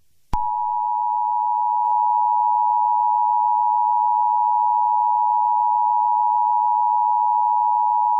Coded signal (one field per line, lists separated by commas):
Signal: Emergency Alert System (SAME) tones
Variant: 853 and 960 Hz attention tone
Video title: EAS Scenario - T H E F O G I S C O M I N G